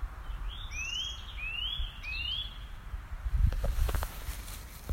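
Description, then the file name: Eurasian nuthatch giving three clear upslurred whistles in quick succession, then a burst of clattering noise toward the end over a low rumble. "Sitta europaea"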